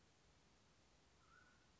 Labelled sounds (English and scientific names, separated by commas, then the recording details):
Mountain Quail (Oreortyx pictus)
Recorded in Sonoma County, California